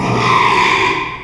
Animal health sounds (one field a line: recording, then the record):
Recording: squeal of a Yucatan mini pig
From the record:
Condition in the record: after surgery on the right vocal fold (resection and tissue-engineered implant)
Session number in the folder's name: 1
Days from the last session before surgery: 6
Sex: male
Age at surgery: 12 weeks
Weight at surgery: 13 kg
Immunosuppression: cyclosporine, prednisolone